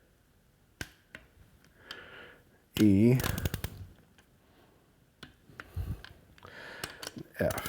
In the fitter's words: You hear the wrench click when I get there.